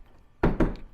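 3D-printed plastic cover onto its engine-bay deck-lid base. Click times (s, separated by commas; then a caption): 0.4 s. A 3D-printed plastic cover is slid over its engine-bay deck-lid base on a 1991 Eagle Talon TSI and pushed down. It snaps into place with a sharp hit at 0.4 s, followed by a second, softer knock at 0.6 s and a faint tap near 0.8 s. The cover is seated with a good fit.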